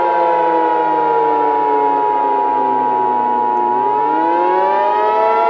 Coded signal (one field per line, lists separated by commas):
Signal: Emergency Alert System (SAME) tones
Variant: 853 and 960 Hz attention tone